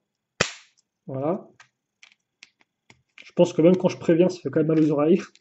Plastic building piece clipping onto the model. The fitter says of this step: attention a par contre j'avoue frayeur pour le clip de la mort voilà